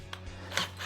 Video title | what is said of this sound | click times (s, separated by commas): Ultimate Guide to DIY Dryer Vent Cleaning with LintEater: Step-by-Step Methods Inside and Out Pt. 1 | that when I hear that clicking, well, that's because I'm keeping it from turning. | 0.1 s, 0.6 s